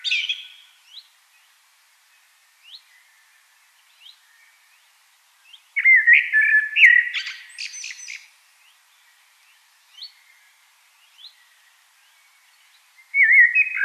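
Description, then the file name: Common blackbird singing a loud phrase of low fluted notes and a scratchy twitter in the middle, with faint soft notes between and another phrase starting at the end. "Turdus merula"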